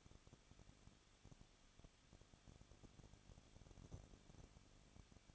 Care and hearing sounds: daily activity, microphone in the room; no activity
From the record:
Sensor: 4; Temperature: 23.1 degrees Celsius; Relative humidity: 34.1%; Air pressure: 1007.2 hPa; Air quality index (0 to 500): 214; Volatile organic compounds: 14 ppm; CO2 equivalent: 2470 ppm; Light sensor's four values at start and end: 2/3/1/1 and 2/3/1/1

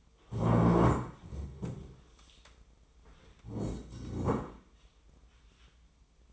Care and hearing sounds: daily activity, microphone in the room; stand up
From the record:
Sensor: 1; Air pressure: 1005.3 hPa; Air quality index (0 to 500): 123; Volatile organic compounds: 5 ppm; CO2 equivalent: 1726 ppm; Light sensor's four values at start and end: 11/27/11/12 and 11/26/10/11

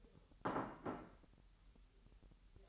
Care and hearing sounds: daily activity, microphone in the room; place plate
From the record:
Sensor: 3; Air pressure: 1002.0 hPa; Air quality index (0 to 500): 248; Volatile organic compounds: 52 ppm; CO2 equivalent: 3322 ppm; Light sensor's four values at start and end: 12/36/15/13 and 12/36/15/13

